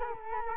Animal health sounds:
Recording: mosquito wingbeat signal from an infrared sensor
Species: Culex quinquefasciatus

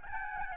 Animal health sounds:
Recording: mosquito wingbeat signal from an infrared sensor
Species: Aedes albopictus

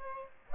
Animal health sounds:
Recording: mosquito wingbeat signal from an infrared sensor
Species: Aedes aegypti

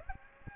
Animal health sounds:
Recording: mosquito wingbeat signal from an infrared sensor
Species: Aedes aegypti

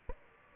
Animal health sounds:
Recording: mosquito wingbeat signal from an infrared sensor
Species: Aedes aegypti

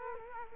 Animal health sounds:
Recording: mosquito wingbeat signal from an infrared sensor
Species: Culex quinquefasciatus

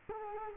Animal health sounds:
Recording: mosquito wingbeat signal from an infrared sensor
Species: Culex quinquefasciatus

